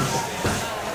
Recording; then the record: coughing mixed with background sound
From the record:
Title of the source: Mid-morning Winter Coughing Fit